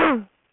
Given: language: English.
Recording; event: throat vibration sensor signal played as sound; throat clearing